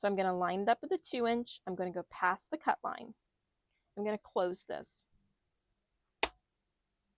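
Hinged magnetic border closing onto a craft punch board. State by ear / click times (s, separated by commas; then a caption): seated / 6.2 s. A hinged magnetic border on a We R Memory Keepers Banner Punch Board is closed over paper lined up at the 2 inch mark past the cut line, and its three magnets pull it down onto the board. Someone talks, then after a pause a single sharp click sounds at 6.2 s as the border snaps shut and seats.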